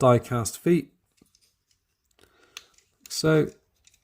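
Someone talks while handling the die-cast feet on the legs of a transforming robot toy, flipping them down, with faint taps and small clicks between the words, the sharpest at about 2.6 s. The feet have not clicked into place yet; nothing has seated.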